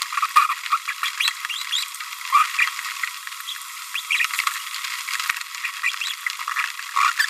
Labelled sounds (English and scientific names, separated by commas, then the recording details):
Green-rumped Parrotlet (Forpus passerinus) babbling
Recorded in a nest box in Venezuela
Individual 18B25A5